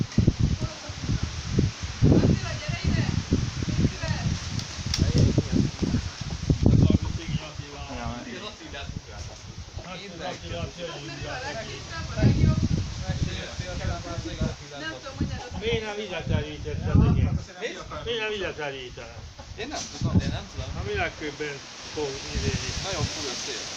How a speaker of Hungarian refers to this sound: Nagyon fúj a szél.